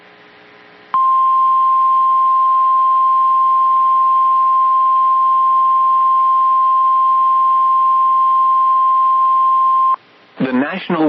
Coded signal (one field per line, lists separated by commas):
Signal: Emergency Alert System (SAME) tones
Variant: 1050 Hz attention tone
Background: speech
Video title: SECOND SEVERE WEATHER DFW... EAS Alerts From 4/27/26 (EAS#5,441 - 5,458)